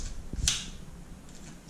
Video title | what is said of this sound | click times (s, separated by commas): Dosatron D9 Service: Fitting the D9MSK (Motor Service Kit) | now it's locked in place | 0.5 s